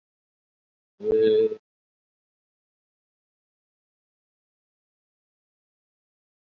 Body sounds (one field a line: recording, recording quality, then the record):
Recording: sustained vowel as in made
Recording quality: poor, much background noise or distortion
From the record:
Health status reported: COVID-19 positive, mild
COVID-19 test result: positive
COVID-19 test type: RT-PCR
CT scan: not taken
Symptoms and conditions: fatigue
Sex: male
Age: 34 years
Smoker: no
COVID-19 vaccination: both doses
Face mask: worn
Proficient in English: yes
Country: India